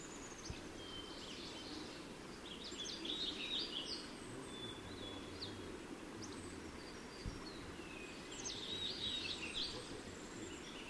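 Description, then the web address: Lincoln's sparrow: two bursts of quick, jumbled high notes several seconds apart, with faint low rumble and occasional clicks underneath. Recorded in California. "Lincoln's Sparrow Sounds Calif CLO"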